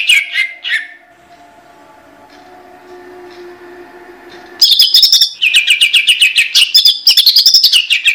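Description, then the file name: Greater green leafbird song: a brief opening phrase, a quiet pause, then a dense run of rapid chattering and warbled whistles to the end. Competition-winning bird at national level. "suara cucak ijo juara nasional"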